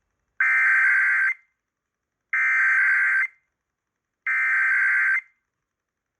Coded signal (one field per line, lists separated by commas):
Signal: Emergency Alert System (SAME) tones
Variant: header bursts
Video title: San Diego Audacy RWTs - 06/28/26 (EAS #200-204)